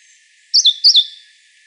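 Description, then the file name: European robin calling: two high, thin notes in quick succession, each sliding downward. "Erithacus rubecula"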